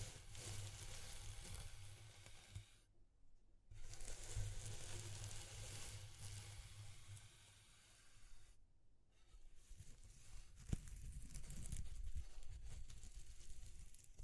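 A dense, crackling hiss like food sizzling in a pan fills the clip, with a low rumble underneath. The sound cuts out abruptly near three seconds and again near nine, each time returning, and the last stretch is thinner with scattered pops and a sharp click around eleven seconds.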